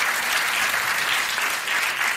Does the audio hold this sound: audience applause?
yes